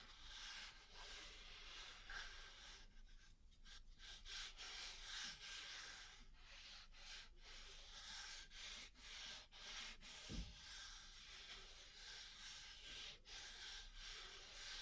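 Ear cleaning with continuous scratchy rubbing and brushing, broken by frequent short gaps and strokes, plus one low thump near ten seconds.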